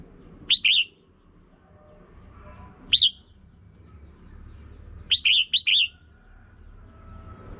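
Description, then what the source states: Red-whiskered bulbul calling in short groups of sharp high chirps, ending in a fast run of four. Female.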